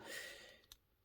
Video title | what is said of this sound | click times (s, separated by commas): NEW VERSION!! Figuarts Super Saiyan SSJ Trunks BOOTLEG - Boy From the Future - Review | Come on. There we go. There we go. We got a click. | 0.7 s